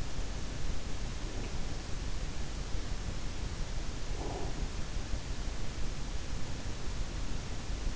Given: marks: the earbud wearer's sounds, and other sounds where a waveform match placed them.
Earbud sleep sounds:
sounds in sleep by an in-ear microphone; breath
3.93-4.77 s: breath

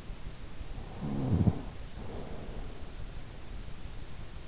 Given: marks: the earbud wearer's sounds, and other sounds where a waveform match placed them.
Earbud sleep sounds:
sounds in sleep by an in-ear microphone; snoring breath
0.91-2.94 s: snoring breath

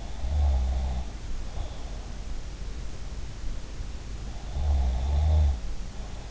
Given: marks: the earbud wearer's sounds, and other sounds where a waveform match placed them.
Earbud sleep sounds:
sounds in sleep by an in-ear microphone; snoring breath
0.17-2.21 s: snoring breath
4.53-6.31 s: snoring breath

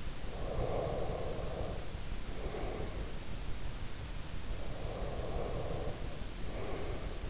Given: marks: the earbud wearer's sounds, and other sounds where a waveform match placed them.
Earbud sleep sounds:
sounds in sleep by an in-ear microphone; breath
0.10-3.13 s: breath
4.70-7.30 s: breath

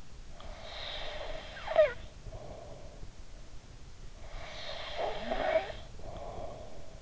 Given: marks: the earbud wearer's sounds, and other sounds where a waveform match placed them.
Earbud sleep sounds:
sounds in sleep by an in-ear microphone; snoring breath
0.37-3.26 s: snoring breath
4.46-7.02 s: snoring breath

